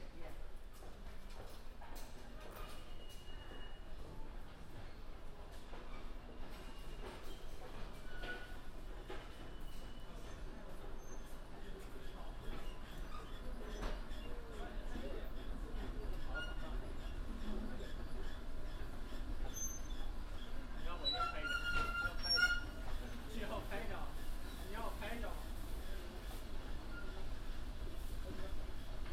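Binaural commute recording: a steady rumbling train ride with murmured voices, scattered clicks and clanks, and bright metallic squeals around twenty-two seconds.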